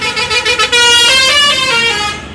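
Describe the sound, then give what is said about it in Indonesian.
A loud bus horn blares, starting with a few short stuttering toots and then holding into one long, brassy, multi-tone blast that fades slightly at the end. “Tiba-tiba, mereka dikejutkan oleh suara klakson bis yang keras sekali.”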